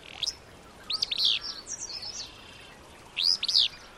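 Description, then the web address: Willow flycatcher repeating its sneezy, buzzy two-part song twice, with softer chips between phrases over faint background hiss. Song likened to a sneeze. "Birdnote. The Sneeze of Willow Flycatcher"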